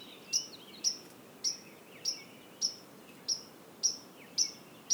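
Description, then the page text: White-throated sparrow calling: nine crisp, high chip-like pink notes at a steady, quick pace. Pink calls recorded at Lac France in a wildlife reserve, Quebec, on 17 May 2019, in the morning. "Bruant à gorge blanche – Zonotrichia albicollis – L'Oiseau son"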